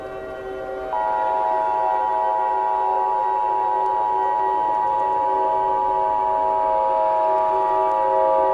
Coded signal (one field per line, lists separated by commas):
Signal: Emergency Alert System (SAME) tones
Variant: 853 and 960 Hz attention tone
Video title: EAS Preview - By Land, Or By Sea